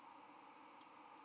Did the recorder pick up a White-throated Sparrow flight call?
no